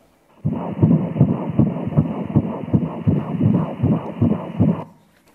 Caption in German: Der Herzschlag. Ganz schön schnell.